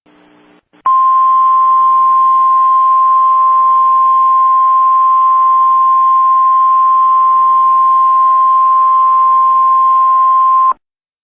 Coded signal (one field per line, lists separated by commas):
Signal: Emergency Alert System (SAME) tones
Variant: 1050 Hz attention tone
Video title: Tornado Warning/Emergency: Raleigh & Cary NC